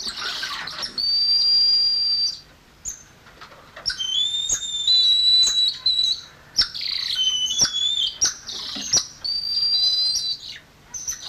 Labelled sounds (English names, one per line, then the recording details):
Golden Lion Tamarin call
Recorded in captivity
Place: Zoo Magdeburg, Sachsen-Anhalt, DE
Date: 1995-04-05 10:57
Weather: sonnig, 8°C
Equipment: Sony WM-D6C, Mikro Philips, Kopie Uher 4200 Report Mono
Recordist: Tembrock, Günter